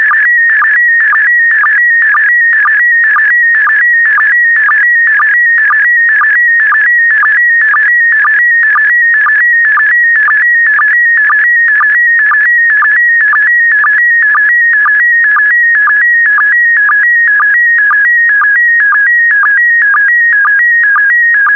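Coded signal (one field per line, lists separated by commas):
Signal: SSTV (slow-scan television)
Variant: PD120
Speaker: complete. You can now check your decoded image against the picture that is shown on the video.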